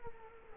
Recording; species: mosquito wingbeat signal from an infrared sensor; Culex quinquefasciatus